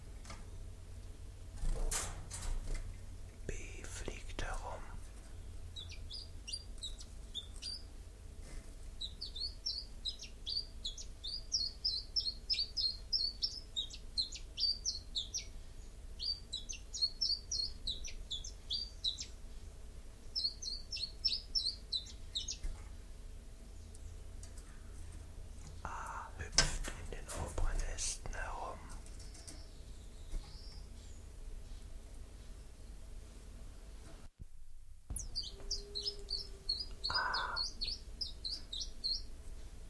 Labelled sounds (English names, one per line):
Common Chiffchaff song